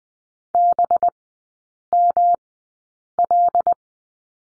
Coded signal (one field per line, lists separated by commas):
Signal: Morse code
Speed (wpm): 19 wpm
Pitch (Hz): 700 Hz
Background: none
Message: BML